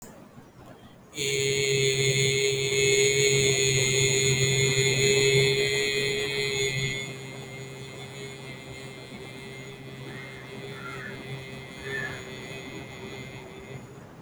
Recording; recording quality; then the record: sustained vowel as in made; moderate, slight background noise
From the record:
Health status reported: healthy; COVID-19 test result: negative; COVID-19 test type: RT-PCR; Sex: male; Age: 23 years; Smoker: no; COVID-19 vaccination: one dose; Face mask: not worn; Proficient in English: yes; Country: India